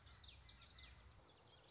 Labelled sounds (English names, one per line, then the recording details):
Common Yellowthroat
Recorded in Sonoma County, California